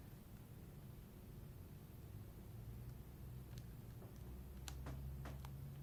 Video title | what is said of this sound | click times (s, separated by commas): Laptop screen replacement / How to replace laptop screen on Lenovo G70-80 | hear a little click when it goes in all the way but it's very very silent just | 4.7 s